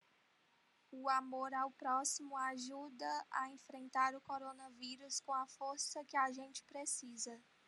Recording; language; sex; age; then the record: spoken sentence; Brazilian Portuguese; female; 20 to 29 years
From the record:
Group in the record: control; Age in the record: 23 years